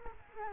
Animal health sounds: mosquito wingbeat signal from an infrared sensor; Culex quinquefasciatus

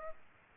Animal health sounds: mosquito wingbeat signal from an infrared sensor; Aedes aegypti

